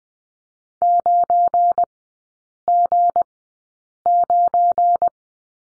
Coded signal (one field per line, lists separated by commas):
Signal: Morse code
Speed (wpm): 20 wpm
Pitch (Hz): 700 Hz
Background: none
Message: 9G9